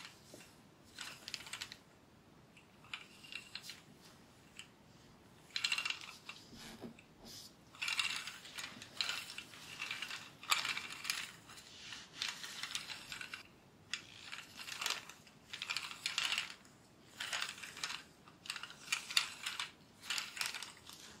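Hair play and scratching: repeated bright, crisp scratchy strokes come in bursts every second or so, with brief pauses between them. The rustling is dense and high, with a faint low hum underneath and no voice.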